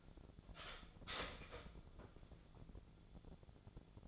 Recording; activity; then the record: daily activity, microphone in the room; start toaster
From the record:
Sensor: 5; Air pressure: 1000.3 hPa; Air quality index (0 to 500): 126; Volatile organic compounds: 2 ppm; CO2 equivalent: 998 ppm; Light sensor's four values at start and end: 83/194/83/89 and 83/194/83/89